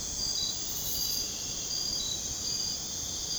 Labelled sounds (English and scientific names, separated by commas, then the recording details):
none
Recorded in dense forest near Puerto Asís, Putumayo, Colombia, on 22 June 2025 at 02:30
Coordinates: 0.486, -76.317
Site G065